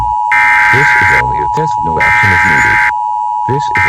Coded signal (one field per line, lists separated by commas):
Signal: Emergency Alert System (SAME) tones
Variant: header bursts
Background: speech